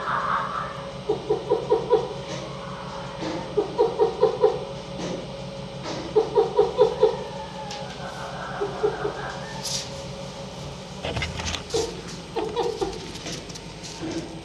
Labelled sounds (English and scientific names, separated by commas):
Red Fox (Vulpes vulpes)